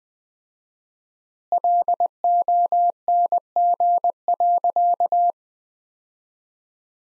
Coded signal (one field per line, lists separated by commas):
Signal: Morse code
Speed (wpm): 20 wpm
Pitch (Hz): 700 Hz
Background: none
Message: LONG.